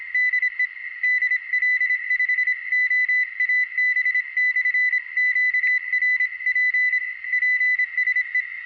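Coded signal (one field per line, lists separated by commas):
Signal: Morse code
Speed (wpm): 27 wpm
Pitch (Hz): 2000 Hz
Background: none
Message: DE DL5OAB/QRP PSE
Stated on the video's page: Portable field operation from a plateau attempting a scheduled contact.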